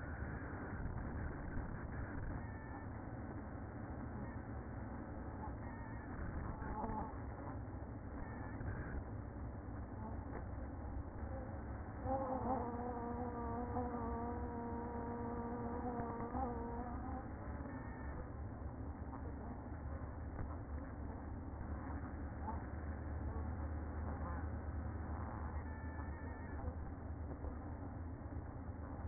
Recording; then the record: honeybee colony, microphone inside the hive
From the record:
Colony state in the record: queen present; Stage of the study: after two queens were removed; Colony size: about 60,000 bees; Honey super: yes